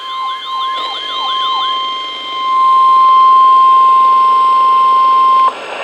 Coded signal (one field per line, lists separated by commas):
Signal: Emergency Alert System (SAME) tones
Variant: 1050 Hz attention tone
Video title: NOAA Weather Radio EAS #303: Severe Thunderstorm Warning